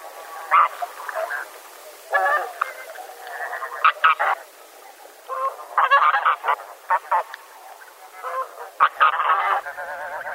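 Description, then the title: Bean goose honks: many short nasal calls in irregular bursts, some closely clustered. Tome, Miyagi Prefecture, Japan. "宮城県登米市のヒシクイ"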